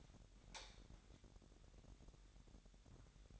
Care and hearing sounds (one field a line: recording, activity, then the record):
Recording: daily activity, microphone in the room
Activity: light on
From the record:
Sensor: 3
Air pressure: 1011.9 hPa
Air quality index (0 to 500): 229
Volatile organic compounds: 4 ppm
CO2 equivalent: 1701 ppm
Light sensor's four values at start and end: 15/35/15/15 and 17/44/18/18